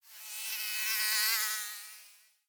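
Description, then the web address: Mosquito wingbeat buzz, a thin high whine that swells in and fades out as it passes, with no other sounds. Mosquito flying past, wings buzzing. "Blastwave INSECTS Mosquito Fly By"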